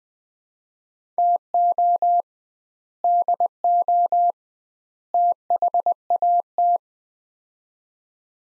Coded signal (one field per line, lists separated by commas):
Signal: Morse code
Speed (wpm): 20 wpm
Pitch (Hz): 700 Hz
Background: none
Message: TO DO THAT